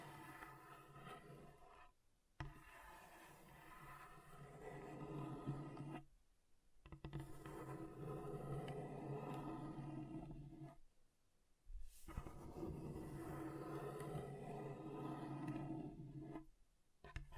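Scratching on a table surface, a dense, grinding rasp with a low rumbling growl underneath, sustained in long strokes. The sound drops out into near silence around 2, 6, 11 and 17 seconds, then resumes at similar strength each time.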